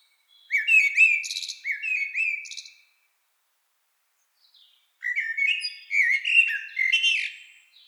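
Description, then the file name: Eurasian blackbird singing two fluty phrases a couple of seconds apart, with repeated whistles and thin, high twitters. "Turdus merula"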